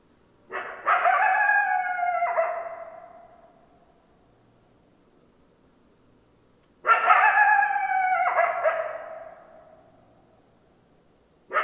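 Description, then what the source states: Coyote calls: two harsh, harmonic howl-barks about two seconds long, each falling slightly in pitch, roughly six seconds apart, and a third one just starting at the end. Recorded 10 December 2012; more than one coyote.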